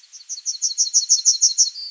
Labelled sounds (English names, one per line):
Yellowhammer song